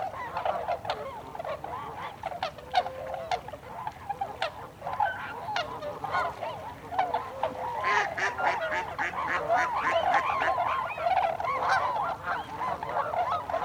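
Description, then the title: A tundra swan flock calling, many overlapping hooting notes with occasional sharper calls, the chorus swelling a little in the second half. Recorded 26 December 2020. "2020-12-26-Tundra-Swans"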